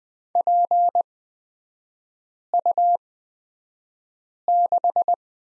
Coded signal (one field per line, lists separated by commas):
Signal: Morse code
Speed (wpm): 20 wpm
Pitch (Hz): 700 Hz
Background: none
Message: PU6